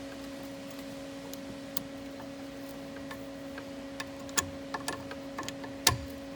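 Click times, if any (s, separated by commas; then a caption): 5.9 s. Against a steady low hum, a refrigerant hose quick-connect coupler, its collar pulled back, is slid onto an A/C high-side service port, with a few small taps and ticks from about 4.0 s. A sharp, loud click at 5.9 s marks the coupler locking onto the port, seated and secure.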